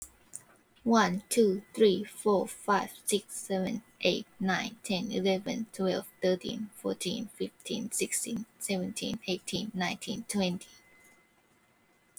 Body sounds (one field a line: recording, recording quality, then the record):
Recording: counting at a fast pace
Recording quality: excellent, no background noise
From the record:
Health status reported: healthy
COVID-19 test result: not tested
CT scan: not taken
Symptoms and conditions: cough, cold, breathing difficulty, muscle pain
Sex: female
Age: 21 years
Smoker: no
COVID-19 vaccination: none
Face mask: not worn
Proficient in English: no